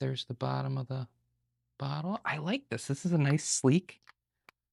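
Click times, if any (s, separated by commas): 4.5 s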